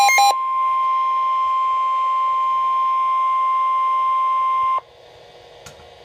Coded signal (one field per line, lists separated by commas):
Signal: Emergency Alert System (SAME) tones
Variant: 1050 Hz attention tone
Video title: Severe Thunderstorm Warning - EAS #373